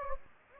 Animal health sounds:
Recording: mosquito wingbeat signal from an infrared sensor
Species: Anopheles gambiae

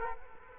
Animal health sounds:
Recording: mosquito wingbeat signal from an infrared sensor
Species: Culex quinquefasciatus

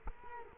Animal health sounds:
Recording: mosquito wingbeat signal from an infrared sensor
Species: Culex quinquefasciatus

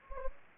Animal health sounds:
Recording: mosquito wingbeat signal from an infrared sensor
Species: Anopheles gambiae

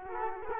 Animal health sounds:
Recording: mosquito wingbeat signal from an infrared sensor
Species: Culex quinquefasciatus

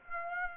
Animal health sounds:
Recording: mosquito wingbeat signal from an infrared sensor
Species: Aedes aegypti

